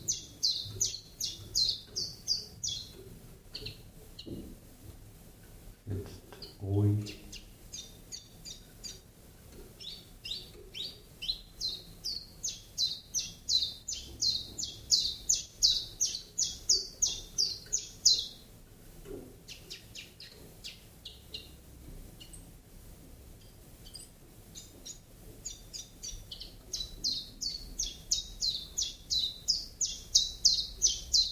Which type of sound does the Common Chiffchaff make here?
song